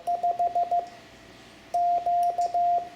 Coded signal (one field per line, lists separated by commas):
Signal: Morse code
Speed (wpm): 15 wpm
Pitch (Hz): 700 Hz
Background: none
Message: 5 Q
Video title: Learning CW for Ham Radio (Lesson 7) Morse Code letters X-Z, Amateur Radio